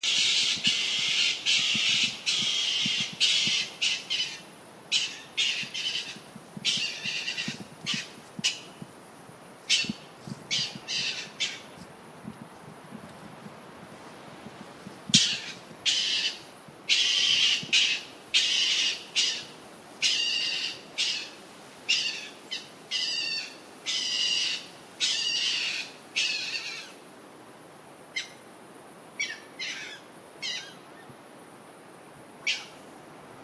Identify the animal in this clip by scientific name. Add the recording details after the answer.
Martes foina. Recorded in the wild. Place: Kloster, Insel Hiddensee, Mecklenburg-Vorpommern, DE. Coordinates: 54.5864, 13.1039. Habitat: urban place. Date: 2012-09-08 20:52. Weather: 15°C, strong wind. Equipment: Sound Devices 702, Sennheiser MKH 415 T, Rhode Windschutz. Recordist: Frommolt, Karl-Heinz